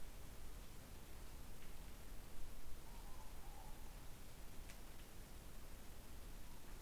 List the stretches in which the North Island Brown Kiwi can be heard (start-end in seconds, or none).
none